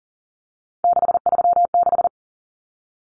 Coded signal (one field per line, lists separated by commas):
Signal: Morse code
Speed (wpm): 40 wpm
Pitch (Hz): 700 Hz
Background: none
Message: 636